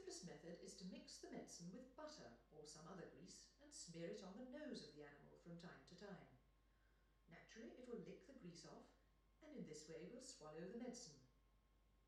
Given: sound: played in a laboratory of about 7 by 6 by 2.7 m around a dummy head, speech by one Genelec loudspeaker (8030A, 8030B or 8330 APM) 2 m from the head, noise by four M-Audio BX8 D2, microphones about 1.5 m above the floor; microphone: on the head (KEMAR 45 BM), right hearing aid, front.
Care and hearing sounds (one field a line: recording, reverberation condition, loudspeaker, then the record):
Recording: female speech in English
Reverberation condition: medium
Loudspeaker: 30 degrees to the left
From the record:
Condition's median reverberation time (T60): about 510 ms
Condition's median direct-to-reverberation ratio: about -0.5 dB